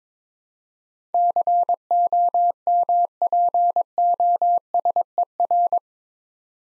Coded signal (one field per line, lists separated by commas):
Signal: Morse code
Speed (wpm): 21 wpm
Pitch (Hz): 700 Hz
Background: none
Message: COMPOSER